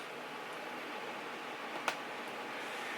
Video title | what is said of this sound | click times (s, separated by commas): Maintaining The 13" 2011 MacBook Pro (Core i7) | And every time you plug one of these flat ones in, you should hear a nice resounding click. | 1.9 s